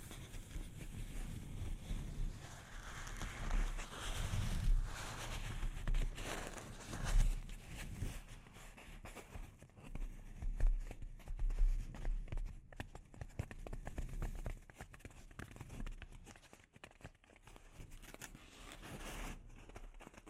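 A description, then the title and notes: Soft scratching and tapping on a microphone, with a low rumbling texture throughout. The first half is denser and fuller, with thumps around 4, 7 and 11 seconds; later the sound thins into sparse, crisp clicks and light scrapes. ASMR Delicate Mic Scratching and Tapping Triggers.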